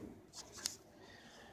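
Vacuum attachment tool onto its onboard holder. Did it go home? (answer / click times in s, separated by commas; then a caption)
yes / 0.7 s. A plastic attachment tool is fitted back onto its onboard holder on a Kenmore Progressive All Floors bagged upright vacuum. Soft handling and rubbing noises lead up to a single sharp plastic contact at 0.7 s. The tool seats back in place.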